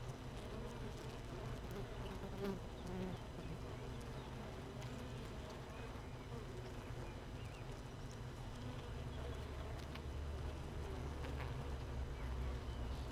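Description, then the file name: Honey bees humming steadily inside a hive, a dense low drone with faint higher buzzing strands and occasional soft clicks throughout. Hive 1 without a queen, recorded 31 May 2018 at 15:30. "Hive 1 31 05 2018 NO Queen Bee H 1"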